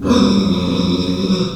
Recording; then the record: squeal of a Yucatan mini pig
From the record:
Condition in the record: after surgery on the right vocal fold (resection and tissue-engineered implant); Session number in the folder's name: 12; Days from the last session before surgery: 105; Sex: female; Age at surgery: 19 weeks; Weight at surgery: 25 kg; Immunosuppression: prednisolone